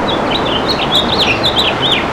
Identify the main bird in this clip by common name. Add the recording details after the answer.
House Finch. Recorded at Merrick on Long Island, New York, on 17 May 2013. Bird D